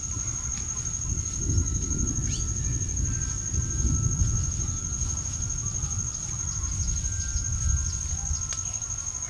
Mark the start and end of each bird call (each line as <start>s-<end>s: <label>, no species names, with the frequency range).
2.23s-2.44s: bird call (1.4-5.5 kHz)
6.36s-8.85s: bird call (4.0-5.8 kHz)